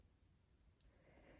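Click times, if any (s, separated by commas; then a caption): none. The prong half of a metal snap fastener is pushed through the fabric of a pin cushion and lined up, before it is later squeezed shut with a clamping tool. Only faint, low handling rustle is heard, growing slightly louder after about 1.0 s. Nothing has clicked or seated yet.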